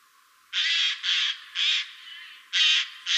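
Eurasian jay producing loud harsh rasping screeches in quick succession, several noisy bursts within about three seconds.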